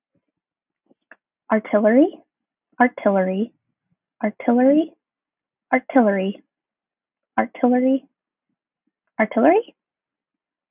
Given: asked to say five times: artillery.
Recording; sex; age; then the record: repeated word; female; 20 to 29 years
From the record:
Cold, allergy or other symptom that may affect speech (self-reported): no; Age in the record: 24 years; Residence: West Virginia, United States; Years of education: 19